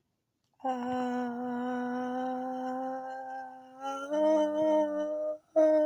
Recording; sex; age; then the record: vowel held as long as possible; female; 20 to 29 years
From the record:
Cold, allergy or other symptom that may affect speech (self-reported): no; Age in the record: 23 years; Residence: Illinois, United States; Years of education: 15